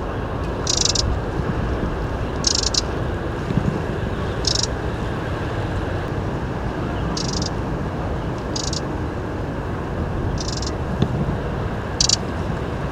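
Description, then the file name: Eurasian wren giving brief harsh rasping calls at irregular intervals, with a constant low roar of background noise beneath. "Troglodytes troglodytes"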